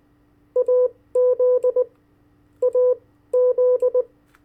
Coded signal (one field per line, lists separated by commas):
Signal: Morse code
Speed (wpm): 20 wpm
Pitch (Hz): 500 Hz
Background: none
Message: AZ AZ